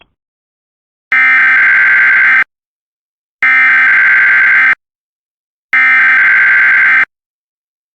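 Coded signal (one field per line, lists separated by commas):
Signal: Emergency Alert System (SAME) tones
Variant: header bursts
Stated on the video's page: Mock, not real, Required Monthly Test.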